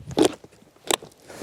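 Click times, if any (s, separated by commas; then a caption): 0.9 s. After the vehicle lap and shoulder belt is tightened, the small plastic belt lock-off door on a child car seat installed with the vehicle seat belt is closed. A brief crunchy burst around 0.2 s is followed by a sharp, bright click at 0.9 s as the door snaps shut. The lock-off door is seated, and the seat is already very tight.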